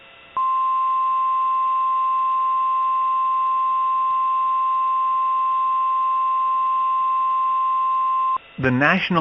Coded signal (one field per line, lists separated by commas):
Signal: Emergency Alert System (SAME) tones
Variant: 1050 Hz attention tone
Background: speech